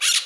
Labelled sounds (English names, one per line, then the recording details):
Brown-throated Parakeet contact call
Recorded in Margarita
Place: Rd. to Arenera, R. El Muco
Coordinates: 10.983, -64.362